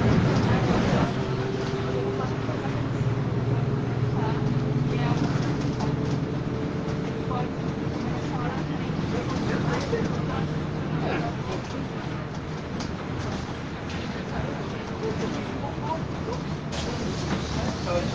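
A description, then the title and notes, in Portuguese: A city bus ride with a constant low engine rumble and rattling, voices talking inside, and a droning hum during the first half. Volta de ônibus por Pelotas.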